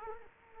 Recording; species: mosquito wingbeat signal from an infrared sensor; Culex quinquefasciatus